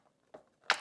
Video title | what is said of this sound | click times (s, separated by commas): Steam Mop That Scrubs Floors, Grout & More – Unboxing + First Use | And it just snaps right back on there like that. | 0.7 s